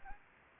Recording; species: mosquito wingbeat signal from an infrared sensor; Anopheles gambiae